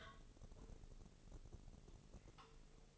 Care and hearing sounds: daily activity, microphone in the room; take from stove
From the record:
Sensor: 4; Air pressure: 996.2 hPa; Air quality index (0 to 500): 79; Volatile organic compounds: 3 ppm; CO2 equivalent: 1495 ppm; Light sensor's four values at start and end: 18/49/19/20 and 18/49/18/20

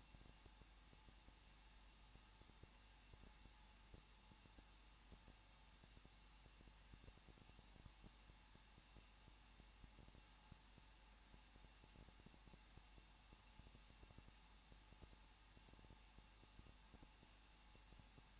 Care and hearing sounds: daily activity, microphone in the room; no activity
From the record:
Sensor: 1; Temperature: 20.1 degrees Celsius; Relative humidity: 39.1%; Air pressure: 1006.5 hPa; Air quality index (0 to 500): 216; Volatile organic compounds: 72 ppm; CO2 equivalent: 3541 ppm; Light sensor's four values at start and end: 1/2/1/1 and 1/2/1/1

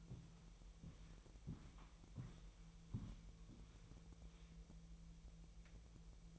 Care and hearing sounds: daily activity, microphone in the room; walk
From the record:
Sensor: 1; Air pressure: 1002.1 hPa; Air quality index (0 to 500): 234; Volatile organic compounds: 88 ppm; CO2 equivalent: 3672 ppm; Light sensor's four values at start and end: 8/19/8/9 and 8/18/7/8

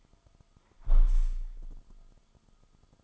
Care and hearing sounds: daily activity, microphone in the room; close window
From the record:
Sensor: 5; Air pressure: 1004.7 hPa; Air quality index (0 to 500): 84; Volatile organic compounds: 2 ppm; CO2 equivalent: 1013 ppm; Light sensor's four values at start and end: 34/80/32/31 and 34/79/32/31

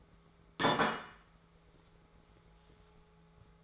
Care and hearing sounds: daily activity, microphone in the room; place plate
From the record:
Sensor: 3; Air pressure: 1015.0 hPa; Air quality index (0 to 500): 210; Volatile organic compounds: 35 ppm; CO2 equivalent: 3059 ppm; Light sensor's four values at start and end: 35/82/36/39 and 35/82/36/39

